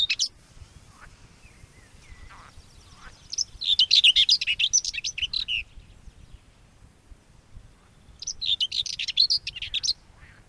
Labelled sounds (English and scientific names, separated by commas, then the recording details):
Common Whitethroat (Sylvia communis) song
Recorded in the wild
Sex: male
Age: adult
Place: Röttenbach, Bayern, DE
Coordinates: 49.6683, 10.9244
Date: 1961-06-15
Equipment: Stellavox SM 4, Original, Vollspur, langes Kabel
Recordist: Tretzel, Erwin